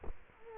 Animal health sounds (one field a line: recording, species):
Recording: mosquito wingbeat signal from an infrared sensor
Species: Culex quinquefasciatus